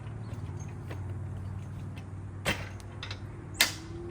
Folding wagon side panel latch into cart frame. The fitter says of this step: and you'll hear those nice clicks that means it's engaged